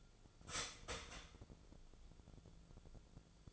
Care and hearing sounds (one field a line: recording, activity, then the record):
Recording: daily activity, microphone in the room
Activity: start toaster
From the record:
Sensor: 5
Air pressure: 1000.3 hPa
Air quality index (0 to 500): 127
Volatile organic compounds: 2 ppm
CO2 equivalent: 1001 ppm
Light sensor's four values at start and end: 83/195/83/90 and 83/195/83/90